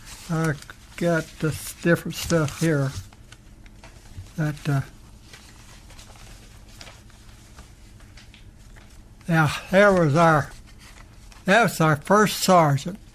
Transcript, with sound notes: I got the different stuff here (Paper shuffling sound) that…yeah there was our—that was our first sergeant,